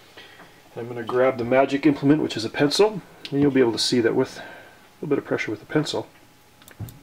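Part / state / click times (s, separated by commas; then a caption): SD card in push-push slot of lightsaber sound board / released / 6.7 s, 6.9 s. Someone talks while pressing the SD card in the push-push slot of a lightsaber's sound board with a pencil tip. The spring-loaded slot gives short clicks at 6.7 and 6.9 seconds, and the card pops out, released.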